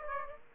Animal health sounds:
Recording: mosquito wingbeat signal from an infrared sensor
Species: Aedes aegypti

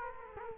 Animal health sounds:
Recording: mosquito wingbeat signal from an infrared sensor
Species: Culex quinquefasciatus

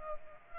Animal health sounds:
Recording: mosquito wingbeat signal from an infrared sensor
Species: Culex pipiens

